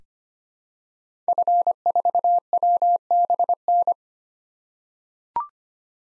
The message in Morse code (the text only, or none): F4WBN